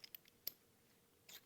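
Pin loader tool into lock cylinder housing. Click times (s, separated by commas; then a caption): 0.5 s. A QDX metal pin-loader tool with a spring ball bearing is pushed into the top chambers of a Yale lock cylinder housing. It slides in with a few faint light ticks, then gives a sharp, bright click at 0.5 s, followed later by a short scraping rustle and another small tick. The ball bearing seats into the housing.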